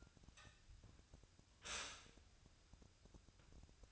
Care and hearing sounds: daily activity, microphone in the room; stop toaster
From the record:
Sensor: 2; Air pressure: 1001.8 hPa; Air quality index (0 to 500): 245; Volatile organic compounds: 36 ppm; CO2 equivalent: 3085 ppm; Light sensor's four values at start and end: 10/31/12/12 and 10/31/12/12

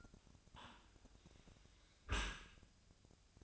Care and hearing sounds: daily activity, microphone in the room; close dishwasher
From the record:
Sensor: 2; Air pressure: 1002.9 hPa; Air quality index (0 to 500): 199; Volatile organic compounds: 6 ppm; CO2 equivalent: 1887 ppm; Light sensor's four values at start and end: 23/56/24/27 and 23/55/24/27

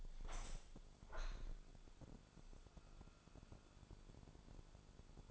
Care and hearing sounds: daily activity, microphone in the room; open window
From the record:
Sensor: 5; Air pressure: 1000.5 hPa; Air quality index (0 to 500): 153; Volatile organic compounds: 2 ppm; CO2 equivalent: 1173 ppm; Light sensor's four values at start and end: 39/92/38/41 and 39/92/38/41

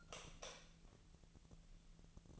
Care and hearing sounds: daily activity, microphone in the room; light off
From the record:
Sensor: 4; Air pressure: 1000.9 hPa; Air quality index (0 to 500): 127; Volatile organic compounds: 1 ppm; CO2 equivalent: 953 ppm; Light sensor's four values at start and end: 39/99/41/45 and 37/89/38/41

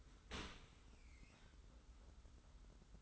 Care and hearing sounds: daily activity, microphone in the room; open dishwasher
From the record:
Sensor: 3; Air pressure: 991.3 hPa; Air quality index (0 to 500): 136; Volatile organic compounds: 234 ppm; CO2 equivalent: 4318 ppm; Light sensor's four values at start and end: 52/141/57/51 and 52/141/57/51

